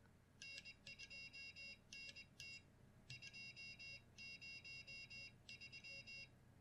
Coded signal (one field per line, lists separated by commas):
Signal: Morse code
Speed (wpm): 20 wpm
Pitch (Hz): 2750 Hz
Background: none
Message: N2NT 203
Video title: CW Practice Software | Perfect CW!